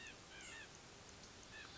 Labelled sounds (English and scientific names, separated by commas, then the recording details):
White-breasted Nuthatch (Sitta carolinensis)
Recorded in Sonoma County, California